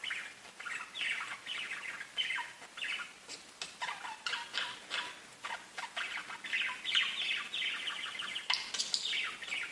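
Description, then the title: Budgerigar chatter, a continuous stream of scratchy, warbling chirps and short squeaks that rise and fall with hardly a pause. "Budgie Sounds"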